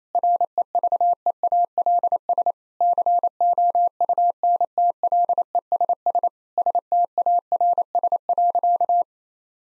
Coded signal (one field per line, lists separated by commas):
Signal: Morse code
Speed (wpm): 28 wpm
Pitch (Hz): 700 Hz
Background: none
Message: REVEALS COUNTLESS STARS.